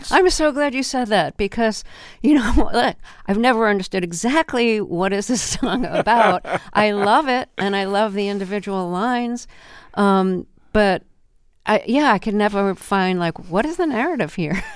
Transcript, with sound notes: I'm so glad you said that because, you know, I've never understood exactly, what is this song about?
(Laughter).
I love it, and I love the individual lines. But, yeah, I can never find, like, what is the narrative here?